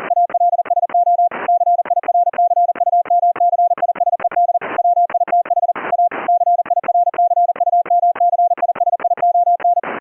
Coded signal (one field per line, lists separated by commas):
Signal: Morse code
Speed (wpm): 40 wpm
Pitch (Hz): 700 Hz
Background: none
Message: ALSO CIRCUMCISED WITH A CIRCUMCISION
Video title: Keying CW afcw mode on a K3S - using a high pitched PTT activation tone & delayed CW tone